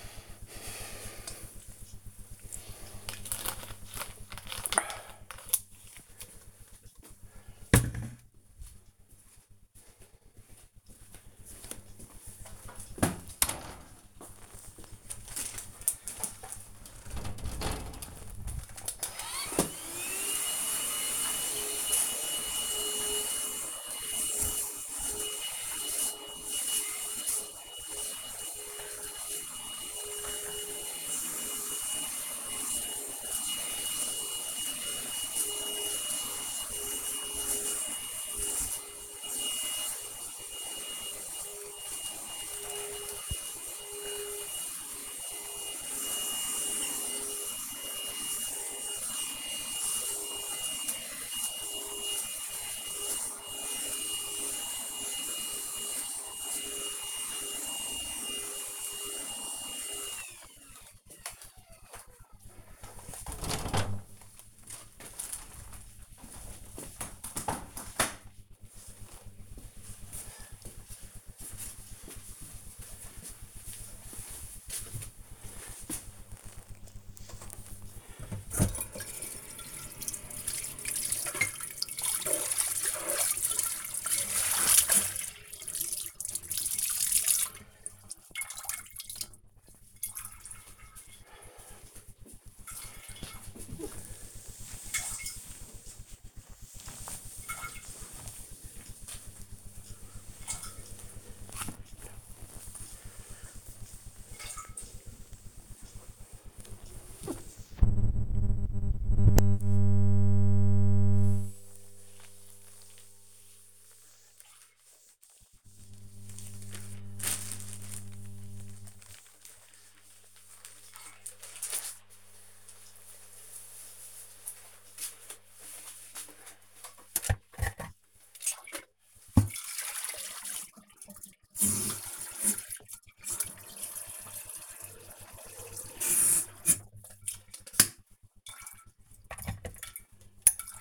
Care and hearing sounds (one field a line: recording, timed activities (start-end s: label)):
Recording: household activities, microphone on the right wrist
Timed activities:
0.00-3.29 s: drinking
17.37-59.65 s: vacuum cleaning
76.79-121.12 s: cleaning table
126.16-140.81 s: making tea